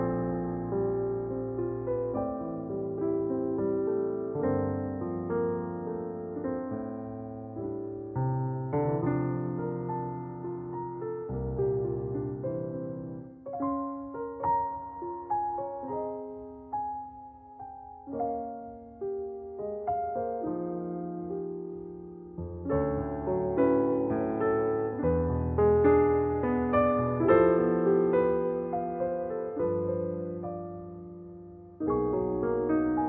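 A soundtrack piece of slow, sustained chords with a warm, mellow tone and no bright highs. It thins and quiets between about 13 and 22 seconds, then swells fuller again before easing off near the end.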